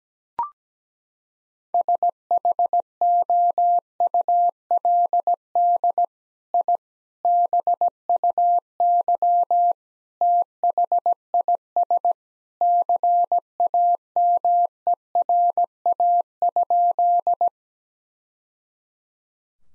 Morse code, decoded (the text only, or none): SHOULD I BUY THIS CAMERA?